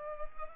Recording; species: mosquito wingbeat signal from an infrared sensor; Culex pipiens